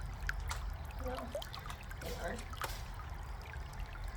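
A metal detachable clipper blade is being handled onto the head of an electric pet clipper after a failed first try, with brief handling knocks around 0.3, 0.5 and 3.5 seconds over a steady low background while someone talks. The blade has not seated or clicked into place yet.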